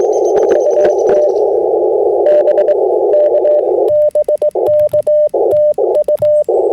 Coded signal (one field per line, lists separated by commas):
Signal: Morse code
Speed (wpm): 22 wpm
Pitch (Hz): 600 Hz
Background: radio noise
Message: UT B K BKTU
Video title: FT8 POTA Field Setup with some slow CW IC-705 Digital Mode Activation Ham Radio Vertical Antenna